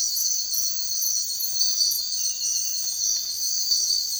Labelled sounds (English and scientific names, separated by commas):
none